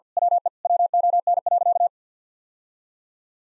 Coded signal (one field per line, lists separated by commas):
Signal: Morse code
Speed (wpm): 48 wpm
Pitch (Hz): 700 Hz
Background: none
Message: WE WON.